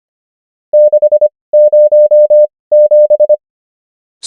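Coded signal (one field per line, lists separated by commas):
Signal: Morse code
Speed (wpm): 25 wpm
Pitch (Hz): 600 Hz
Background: none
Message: 6 0 7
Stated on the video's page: Morse code numbers practice, 25 wpm character speed with 19 wpm Farnsworth word speed.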